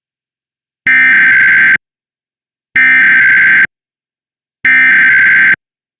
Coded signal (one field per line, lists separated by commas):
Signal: Emergency Alert System (SAME) tones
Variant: header bursts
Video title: 2nd AMBER Alert in ONE DAY! (Spectrum TV EAS Relay on TWC CH42)